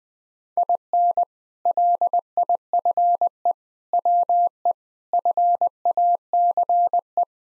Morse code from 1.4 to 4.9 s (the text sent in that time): LIFE WE